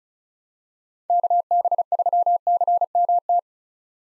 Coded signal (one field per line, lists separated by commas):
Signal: Morse code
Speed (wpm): 36 wpm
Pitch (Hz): 700 Hz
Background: none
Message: KB3CMT